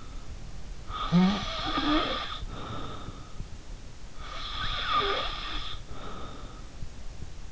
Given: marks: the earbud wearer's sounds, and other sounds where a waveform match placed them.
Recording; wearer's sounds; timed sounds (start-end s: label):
sounds in sleep by an in-ear microphone; snoring breath
0.83-3.30 s: snoring breath
4.16-6.70 s: snoring breath